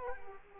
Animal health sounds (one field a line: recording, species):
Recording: mosquito wingbeat signal from an infrared sensor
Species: Culex quinquefasciatus